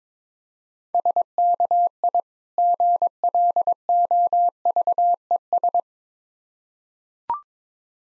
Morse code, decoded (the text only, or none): SKI GLOVES